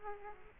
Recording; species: mosquito wingbeat signal from an infrared sensor; Aedes aegypti